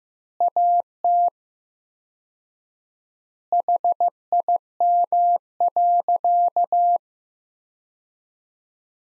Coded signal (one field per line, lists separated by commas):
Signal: Morse code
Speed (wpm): 15 wpm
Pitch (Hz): 700 Hz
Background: none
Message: AT HIM.